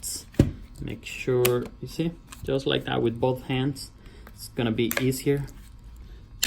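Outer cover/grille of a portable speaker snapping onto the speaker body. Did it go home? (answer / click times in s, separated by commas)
yes / 6.4 s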